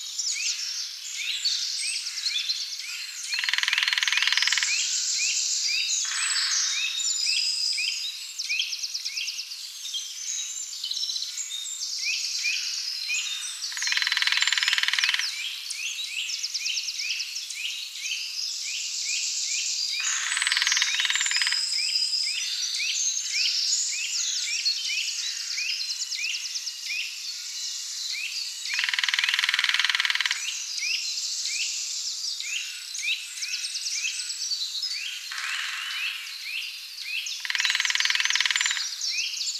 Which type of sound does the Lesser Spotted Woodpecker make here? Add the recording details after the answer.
drumming. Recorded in the wild. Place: Waltershofen / Freiburg im Breisgau, Baden-Württemberg, DE. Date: 2008-04-05. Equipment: MiniDisc Sharp MT 20 H. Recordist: Schwarz, Dieter